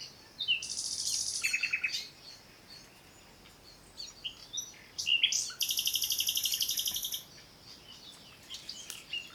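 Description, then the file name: Common nightingale song: a harsh buzzy phrase, lower rattling notes, a pause, then a long, even rapid buzzing trill with a few scattered chips after. "Luscinia megarhynchos"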